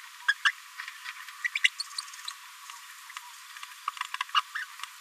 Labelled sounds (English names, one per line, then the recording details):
Green-rumped Parrotlet babbling
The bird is a female
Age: 29 days
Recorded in a nest box in Venezuela
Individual 17B73B2